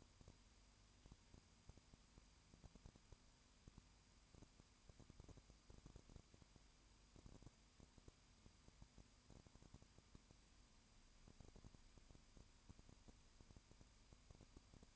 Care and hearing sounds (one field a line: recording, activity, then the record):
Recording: daily activity, microphone in the room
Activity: no activity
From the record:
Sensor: 2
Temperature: 20.8 degrees Celsius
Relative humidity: 38.3%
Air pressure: 1010.4 hPa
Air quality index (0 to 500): 200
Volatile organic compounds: 19 ppm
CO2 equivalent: 2646 ppm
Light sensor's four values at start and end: 2/3/2/2 and 2/3/2/2